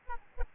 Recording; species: mosquito wingbeat signal from an infrared sensor; Aedes albopictus